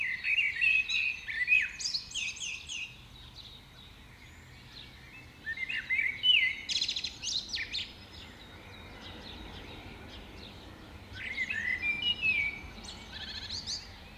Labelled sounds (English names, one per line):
Common Blackbird song